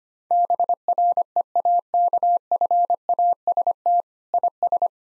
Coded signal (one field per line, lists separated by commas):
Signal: Morse code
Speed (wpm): 25 wpm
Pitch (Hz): 700 Hz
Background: none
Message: BREAKFAST IS